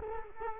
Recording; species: mosquito wingbeat signal from an infrared sensor; Culex quinquefasciatus